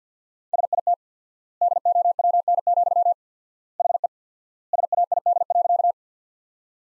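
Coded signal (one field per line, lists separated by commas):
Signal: Morse code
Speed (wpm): 50 wpm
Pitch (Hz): 700 Hz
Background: none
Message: SIT DOWN, HE SAID.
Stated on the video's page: Morse practice sentences from the top 500 words at 50 wpm with 4x word spacing, a word-based approach analogous to the Farnsworth method.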